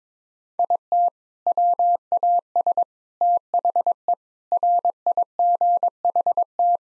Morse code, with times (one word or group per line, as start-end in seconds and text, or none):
0.6-1.1 IT
1.5-2.8 WAS
3.2-4.1 THE
4.5-6.8 RIGHT